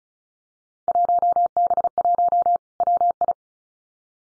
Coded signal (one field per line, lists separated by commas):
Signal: Morse code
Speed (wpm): 36 wpm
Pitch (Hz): 700 Hz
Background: none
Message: 1B1 WI